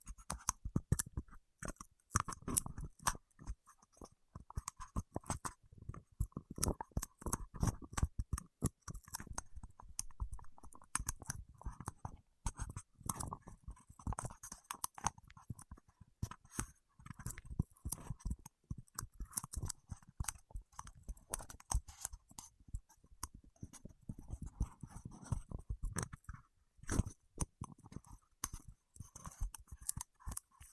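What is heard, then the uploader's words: Fingertips work over wax in a dense, unbroken stream of sticky clicks and crackling taps, rapid and irregular for the whole stretch. ASMR with Wax Fingertips for Sleep (No Talking).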